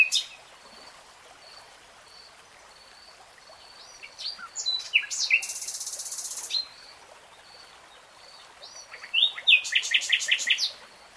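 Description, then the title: Nightingale song: soft high whistles, a burst of harsh buzzy notes in the middle, then a series of loud repeated notes near the end. Three-hour real-time recording. "[Tiếng chim hót] REALTIME Nightingale Singing"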